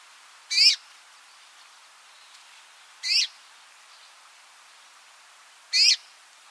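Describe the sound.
Red-rumped rosefinch giving short, high notes, three calls spaced roughly every two and a half seconds over a faint hiss.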